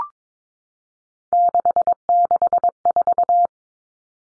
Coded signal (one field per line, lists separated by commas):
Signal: Morse code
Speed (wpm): 22 wpm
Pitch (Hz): 700 Hz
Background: none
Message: 664